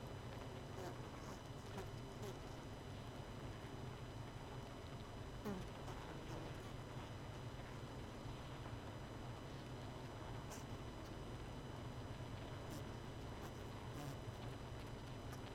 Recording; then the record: honeybee colony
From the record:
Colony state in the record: missing queen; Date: 31 May 2018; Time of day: 20:08